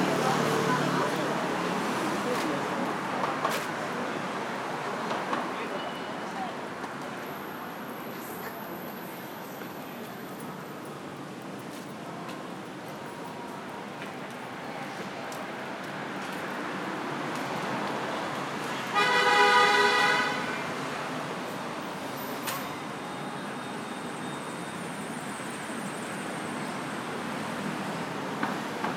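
A walk down Jiang Ning Lu, with a steady wash of street and traffic noise throughout and faint voices mixed in. Around nineteen seconds a short, loud, buzzing horn-like tone sounds, and a thin high whine hangs in the air briefly near the start.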